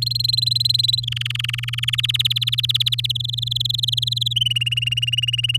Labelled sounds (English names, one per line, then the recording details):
Domestic Canary song
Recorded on 7 May 2018 at 13:21
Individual llb16